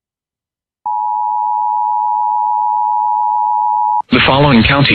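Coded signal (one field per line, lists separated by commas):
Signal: Emergency Alert System (SAME) tones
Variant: 853 and 960 Hz attention tone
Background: speech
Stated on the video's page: Real EAS and NOAA Weather Radio alerts for a Gulf Coast blizzard: Blizzard, Winter Storm and Extreme Cold Warnings, Winter Storm Watch.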